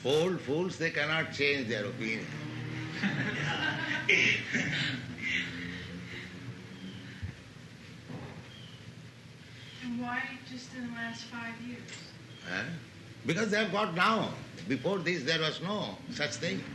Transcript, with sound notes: Old fools, they cannot change their opinion. [laughter]
Why just in the last five years?
Because they have got now. Before this there was no such thing.